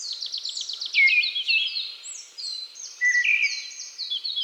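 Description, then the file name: Eyebrowed thrush calls: a quick series of thin descending whistles, then overlapping high sliding notes, with louder dipping calls near the first and second thirds. "Eyebrowed Thrush Turdus obscurus"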